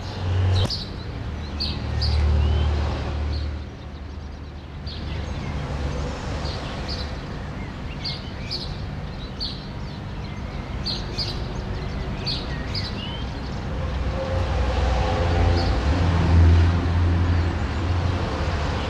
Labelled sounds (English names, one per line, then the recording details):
House Sparrow song
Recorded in the wild
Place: Garmisch-Partenkirchen, Bayern, DE
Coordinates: 47.4986, 11.1303
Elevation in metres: 1036
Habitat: mountains
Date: 1980-03-29
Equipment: Uher 4000 Report, Sennheiser MKH 815 T
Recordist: Tretzel, Erwin